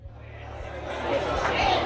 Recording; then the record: background sound without coughing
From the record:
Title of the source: CITY SOUNDS Busy Bar in the Evening Night - 2 HOURS of Ambiance for Relaxation